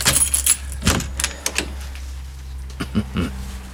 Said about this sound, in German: So. Weiter geht's. Jetzt habe ich hier einen Schlüssel. Der passt nicht. Hier einer, der passt.